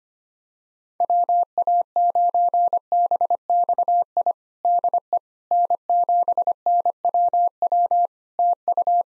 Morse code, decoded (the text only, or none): WA9BXI DE N7NWW TU